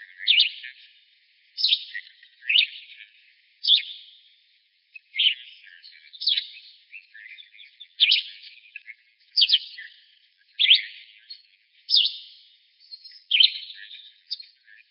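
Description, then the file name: Gray vireo calling with a steady series of raspy, buzzy notes, repeated about every second with short scratchy fragments between, over a quiet background. Arizona, 29 June 2007. "VGVI Pollock"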